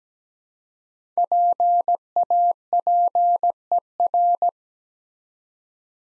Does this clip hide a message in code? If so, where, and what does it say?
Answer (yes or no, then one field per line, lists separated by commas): yes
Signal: Morse code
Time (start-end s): 1.2-4.5 s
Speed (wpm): 17 wpm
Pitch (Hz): 700 Hz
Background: none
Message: PAPER